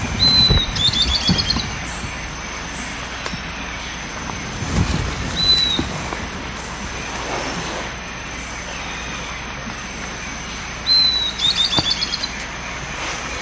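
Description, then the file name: Bird calls: a high thin whistle followed by a rapid stutter of short notes, given twice, with a lone whistle between, over rumbling background noise. "SABIOD"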